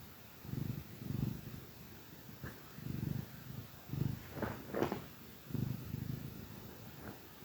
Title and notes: the gentle purrs of a contented cat